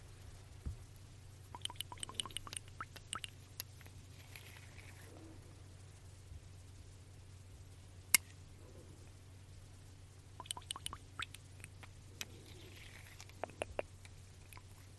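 Small glass bottles and droppers make light tapping and clicking sounds, in quick clusters near the start and again toward the end, with one sharp click at about eight seconds. A steady low hum runs underneath throughout, and quiet soft squeaks occasionally surface between taps.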